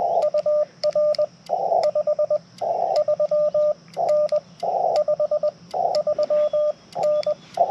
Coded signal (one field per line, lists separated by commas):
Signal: Morse code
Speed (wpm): 20 wpm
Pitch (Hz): 600 Hz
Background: radio noise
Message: UR 53N 53N